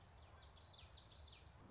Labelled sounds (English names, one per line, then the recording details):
Common Yellowthroat
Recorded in Sonoma County, California